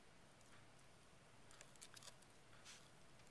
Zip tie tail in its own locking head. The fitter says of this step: and it slides back